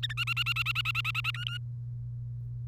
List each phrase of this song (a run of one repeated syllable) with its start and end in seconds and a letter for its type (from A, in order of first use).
0.03-0.13 A, 0.17-1.31 B, 1.34-1.57 C